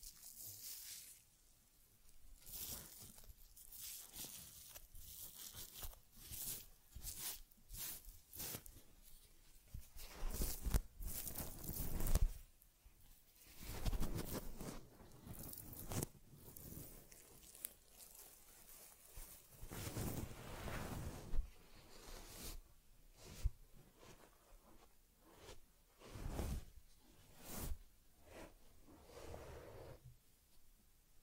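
Someone cares for a teddy bear, and the sound is a run of scratchy rubbing and combing strokes through fur. Short, bright swishes come every second or so with brief quiet gaps, and heavier, longer strokes land around 12, 14, 20 and 26 seconds.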